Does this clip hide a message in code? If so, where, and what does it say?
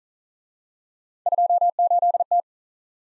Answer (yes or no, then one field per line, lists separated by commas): yes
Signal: Morse code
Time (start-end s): 1.3-2.4 s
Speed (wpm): 43 wpm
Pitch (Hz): 700 Hz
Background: none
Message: 28T